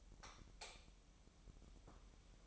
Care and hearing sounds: daily activity, microphone in the room; light off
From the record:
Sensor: 1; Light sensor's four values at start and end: 12/37/14/15 and 12/37/14/15

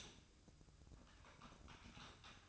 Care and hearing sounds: daily activity, microphone in the room; typing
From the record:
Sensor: 2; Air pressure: 1007.5 hPa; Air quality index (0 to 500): 43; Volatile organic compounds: 1 ppm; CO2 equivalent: 549 ppm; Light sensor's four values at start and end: 9/23/9/10 and 9/23/9/10

